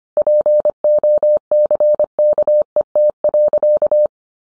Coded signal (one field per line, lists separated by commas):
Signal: Morse code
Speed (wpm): 25 wpm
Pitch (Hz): 600 Hz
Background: none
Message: POCKET.